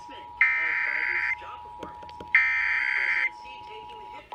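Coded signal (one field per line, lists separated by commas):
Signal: Emergency Alert System (SAME) tones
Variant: header bursts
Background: speech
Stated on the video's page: NOAA Weather Radio weekly tests and Georgia monthly tests, several on two stations.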